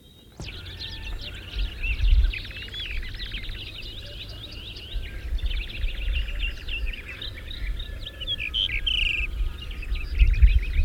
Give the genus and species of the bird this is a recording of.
Monticola saxatilis